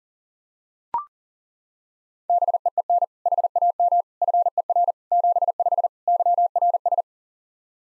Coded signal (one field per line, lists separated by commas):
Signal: Morse code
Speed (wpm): 40 wpm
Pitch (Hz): 700 Hz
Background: none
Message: BEEN HAM FER 75 YRS